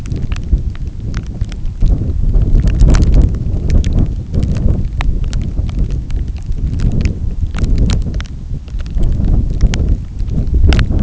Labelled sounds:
none
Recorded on Arctic tundra, site NAIT-1, on 27 June 2019
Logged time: 00:00

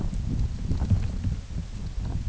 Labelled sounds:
none
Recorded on Arctic tundra, site UTQI-8, on 16 June 2019
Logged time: 20:00

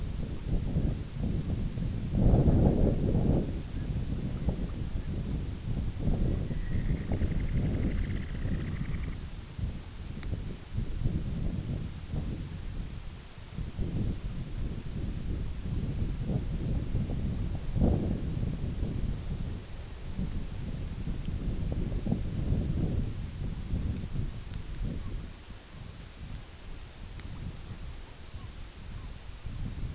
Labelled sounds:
unidentified sound
Semipalmated Sandpiper
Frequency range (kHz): Semipalmated Sandpiper 0.6-3.8 kHz
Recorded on Arctic tundra, site IGLO-B, on 21 June 2018
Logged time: 15:59

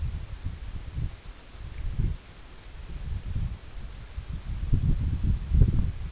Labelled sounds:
none
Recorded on Arctic tundra, site EABA-1, on 21 June 2018
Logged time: 02:00

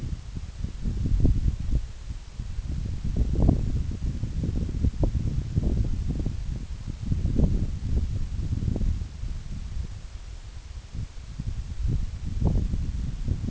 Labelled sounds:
none
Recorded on Arctic tundra, site NAIT-1, on 26 June 2019
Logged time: 12:00

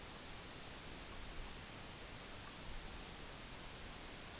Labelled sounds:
none
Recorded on Arctic tundra, site EABA-MC, on 22 June 2019
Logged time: 18:00

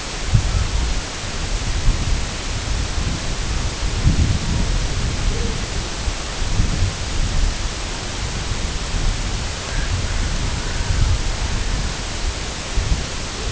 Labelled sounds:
Red-throated Loon
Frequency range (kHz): Red-throated Loon 0.4-2.4 kHz
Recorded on Arctic tundra, site IGLO-A, on 22 June 2018
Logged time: 05:59

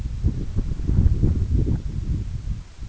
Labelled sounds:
none
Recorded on Arctic tundra, site EABA-1, on 21 June 2018
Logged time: 02:00

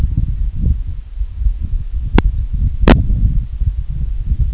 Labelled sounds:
none
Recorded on Arctic tundra, site IGLO-A, on 25 June 2018
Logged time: 01:59

